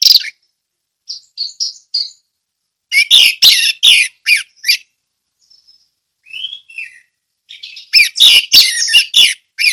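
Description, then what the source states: Orange-headed thrush delivering short warbled phrases, then a loud, choppy burst of rapid notes, a few soft whistles, and another energetic burst. Ngeplong song style.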